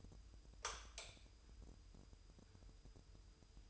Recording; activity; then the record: daily activity, microphone in the room; light off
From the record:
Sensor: 2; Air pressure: 988.3 hPa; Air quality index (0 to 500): 192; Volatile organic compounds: 190 ppm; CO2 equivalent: 4180 ppm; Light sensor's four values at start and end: 11/34/13/13 and 6/16/6/7